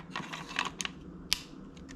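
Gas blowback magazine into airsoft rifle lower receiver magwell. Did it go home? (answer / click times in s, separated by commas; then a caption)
no / none. A different gas blowback magazine is pushed into the magwell of the same airsoft rifle lower receiver. Faint scraping and small taps build to a sharp knock at 1.3 s. Nothing has clicked into place, and the magazine stays unlatched by the magazine release.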